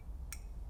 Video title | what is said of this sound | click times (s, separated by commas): Planet Eclipse Etek 5 Paintball Gun - Maintenance/Repair | pull it in and it will lock into place. | 0.3 s